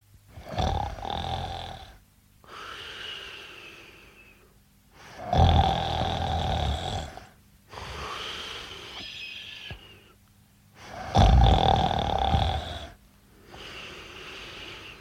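Snoring during sleep: loud, rattling, low-pitched vibrating snores on the in-breaths alternate with quieter out-breaths, about three full breathing cycles in 15 seconds.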